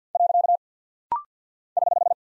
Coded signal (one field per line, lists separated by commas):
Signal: Morse code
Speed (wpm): 48 wpm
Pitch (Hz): 700 Hz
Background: none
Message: . <HH>